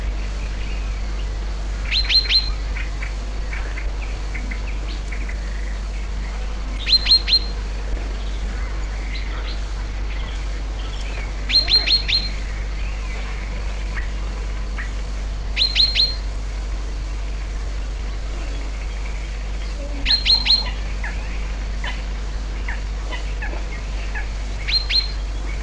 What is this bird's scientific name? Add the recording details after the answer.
Fringilla coelebs. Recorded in the wild. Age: adult. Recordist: Meyer, Hugo